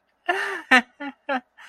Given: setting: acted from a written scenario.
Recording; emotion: vocal sound without words; embarrassment